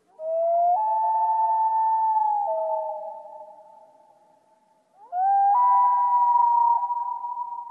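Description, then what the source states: Common Loon wailing: long, mournful tonal notes that step upward, hold steady, then drop and fade, followed after a short pause by a second rising, sustained wail. Recording provided by the Cornell Lab of Ornithology.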